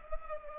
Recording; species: mosquito wingbeat signal from an infrared sensor; Culex pipiens